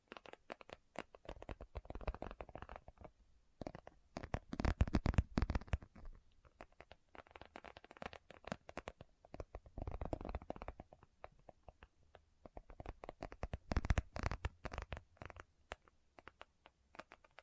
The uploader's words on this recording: ASMR What's In My Bag (No Talking).